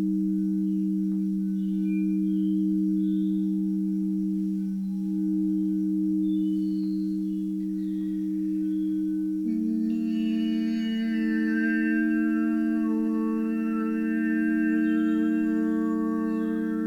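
Singing bowls ring with steady, overlapping tones, a strong low hum held throughout with fainter higher overtones shimmering above. Around ten seconds a second bowl joins, shifting the low pitch slightly and adding a bright, dense layer of ringing overtones.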